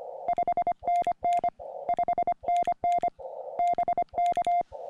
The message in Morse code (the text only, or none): 5NN 5NN BK